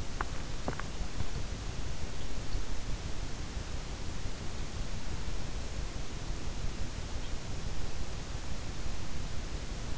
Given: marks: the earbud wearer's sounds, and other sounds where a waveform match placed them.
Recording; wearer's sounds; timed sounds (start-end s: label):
sounds in sleep by an in-ear microphone; swallowing
0.00-1.14 s: swallowing